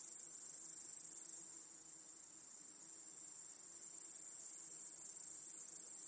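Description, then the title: Cricket chorus of rapid, high trilling chirps that dips quieter for a couple of seconds and then returns to full strength. Crickets in a home backyard at night, chorusing as day turns to night. "Crickets in Your Backyard 🏡. Discovering the Sounds of Home"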